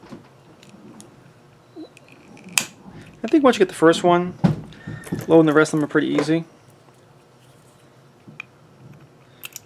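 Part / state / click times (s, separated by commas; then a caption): revolver cartridge into a moon clip / not seated / none. A revolver cartridge is pressed by hand, rim first, into a steel moon clip for an S&W 627, with faint metallic ticks and scrapes while someone talks. The round does not snap into its slot, and nothing has seated or clicked yet.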